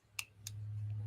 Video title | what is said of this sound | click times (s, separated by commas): Woodturning Tool Talk Live - Discovering Copic Markers! | until it clicks sketch notice this | 0.2 s, 0.5 s